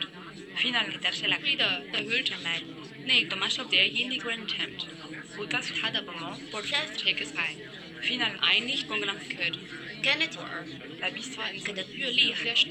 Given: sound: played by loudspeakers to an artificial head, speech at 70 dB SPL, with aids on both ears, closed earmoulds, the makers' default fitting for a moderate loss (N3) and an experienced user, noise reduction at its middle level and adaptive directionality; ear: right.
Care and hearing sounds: speech test signal (ISTS) in cocktail-party noise; -3 dB; in front (0 degrees)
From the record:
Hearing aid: class 1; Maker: C

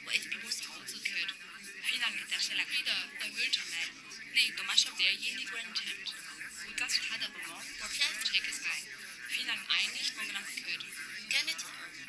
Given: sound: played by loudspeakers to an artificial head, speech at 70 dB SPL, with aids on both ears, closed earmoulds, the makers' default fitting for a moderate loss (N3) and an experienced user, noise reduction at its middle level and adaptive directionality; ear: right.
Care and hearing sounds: speech test signal (ISTS) in cocktail-party noise; -6 dB; in front (0 degrees)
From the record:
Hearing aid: class 2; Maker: H

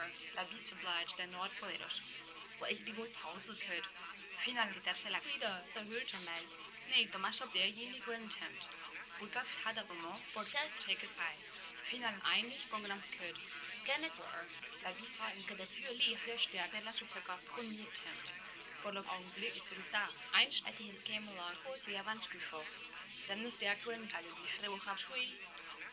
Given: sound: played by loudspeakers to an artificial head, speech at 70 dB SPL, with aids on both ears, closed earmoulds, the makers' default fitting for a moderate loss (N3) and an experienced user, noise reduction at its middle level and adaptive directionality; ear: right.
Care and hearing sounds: speech test signal (ISTS) in cocktail-party noise; +3 dB; on the right (90 degrees)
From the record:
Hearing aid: class 2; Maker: F

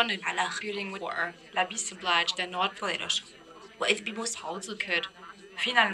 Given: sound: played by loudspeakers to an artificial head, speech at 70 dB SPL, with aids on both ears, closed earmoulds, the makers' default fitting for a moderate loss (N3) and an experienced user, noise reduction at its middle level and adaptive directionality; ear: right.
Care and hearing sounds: speech test signal (ISTS) in cocktail-party noise; +9 dB; in front (0 degrees)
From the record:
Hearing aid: class 2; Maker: E

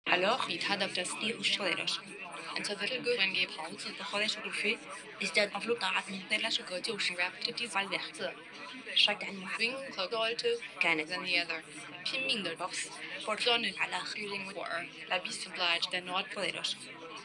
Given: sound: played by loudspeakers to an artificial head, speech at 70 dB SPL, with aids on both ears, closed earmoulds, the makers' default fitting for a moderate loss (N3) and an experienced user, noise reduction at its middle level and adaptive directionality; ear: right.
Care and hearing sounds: speech test signal (ISTS) in cocktail-party noise; 0 dB; on the right (90 degrees)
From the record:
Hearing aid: class 2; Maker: I

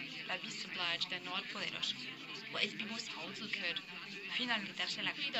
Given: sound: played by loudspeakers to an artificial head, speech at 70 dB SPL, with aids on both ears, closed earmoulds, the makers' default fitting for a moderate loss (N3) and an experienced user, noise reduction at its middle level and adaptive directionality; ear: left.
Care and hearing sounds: speech test signal (ISTS) in cocktail-party noise; 0 dB; in front (0 degrees)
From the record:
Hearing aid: class 1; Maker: D

